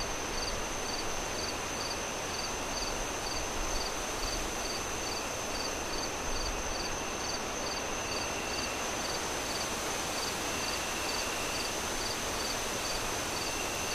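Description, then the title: Cricket chirps, quick high pulses in a regular train, nearly continuous, set against loud wind noise. Crickets chirping on a windy night, wind howling through the trees. "Relaxing Crickets Sounds On A Windy Night"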